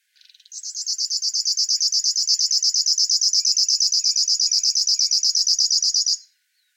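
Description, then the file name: River warbler song, a long, even, rhythmic buzzing trill of rapid pulses lasting about five and a half seconds, beginning with a few quiet stutters. "Schlagschwirl - Locustella fluviatilis"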